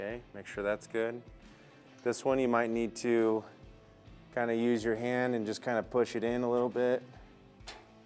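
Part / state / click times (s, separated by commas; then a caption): tailgate support strut end onto its tailgate mount / seated / 7.7 s. The skinnier end of a tailgate support strut is pushed by hand onto its mounting point on the tailgate while someone talks, with a steady background tone underneath. At 7.7 s it snaps onto the mount with a short, sharp pop, and the strut end is seated.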